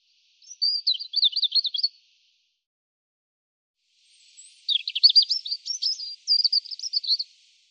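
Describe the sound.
European robin delivering a brief wavering warble, then after a silent gap a longer phrase of rapid rising and falling notes.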